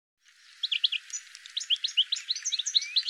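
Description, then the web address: Bird giving quick, high chirps and short sweeping notes in a rapid, uneven run lasting about two and a half seconds. "cianscape birddata Deverinetal 2025 File cleaned normalized Bird"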